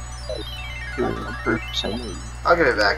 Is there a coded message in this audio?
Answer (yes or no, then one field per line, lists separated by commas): no